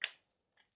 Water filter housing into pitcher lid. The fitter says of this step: So if you just take it and twist clockwise or right, it'll click in, you know you're good to go.